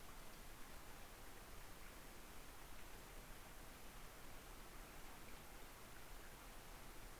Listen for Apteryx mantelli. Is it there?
no